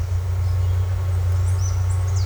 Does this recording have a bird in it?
yes